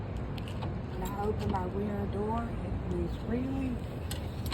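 During a pre-trip inspection, someone opens the rear emergency door of a school bus, and it swings freely toward its hold-open latch while they talk over a steady background hum with a few light knocks. The clip ends before the latch engages; the door has not yet locked into the open position.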